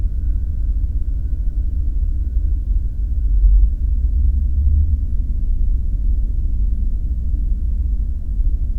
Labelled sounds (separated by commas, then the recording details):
man-made sound
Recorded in the Prudhoe Bay oil fields, Alaska, on 5 September 2019 at 00:44
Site 14